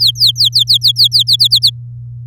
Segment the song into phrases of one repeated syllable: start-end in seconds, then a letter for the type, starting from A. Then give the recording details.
0.00-1.23 A, 1.27-1.70 B. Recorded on 8 May 2018 at 06:41. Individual llb16